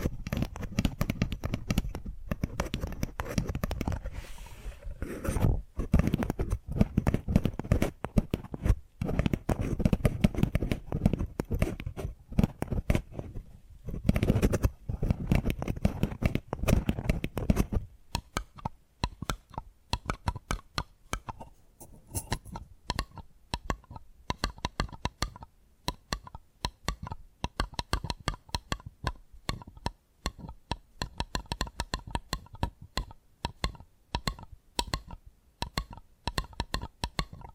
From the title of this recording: Addictive Tapping Triggers